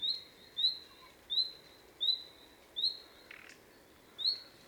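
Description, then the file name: Common nightingale uttering several rising whistled notes at uneven intervals, with a short rough buzz near the end. "Luscinia megarhynchos"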